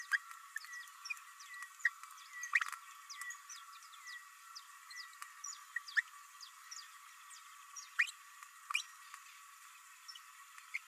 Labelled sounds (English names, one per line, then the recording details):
Green-rumped Parrotlet babbling
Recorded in a nest box in Venezuela
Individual 18B104A3